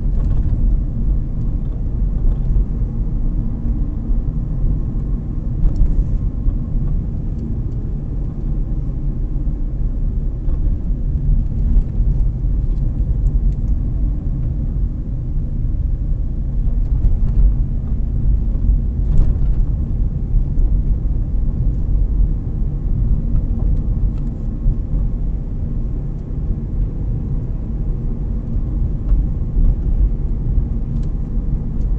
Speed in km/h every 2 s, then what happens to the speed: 32, 37, 36, 34, 30, 26, 24, 25, 27, 28, 35, 37, 36, 40, 36, 39.
4-13 slows to 24. 13-22 speeds up to 37. 22-32 steady at about 37.